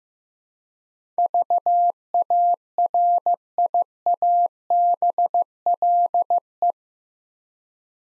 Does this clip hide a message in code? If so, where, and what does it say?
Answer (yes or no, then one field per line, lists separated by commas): yes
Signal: Morse code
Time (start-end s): 1.2-6.7 s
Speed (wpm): 15 wpm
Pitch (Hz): 700 Hz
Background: none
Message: VARIABLE